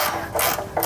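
A ratchet is worked on a steel bolt on the engine/transmission during engine removal and teardown of a Ford F150 OBS, giving bursts of dry, rattling ratchet clicks. A sharp hit lands at 0.8 s, and the bolt is stripped.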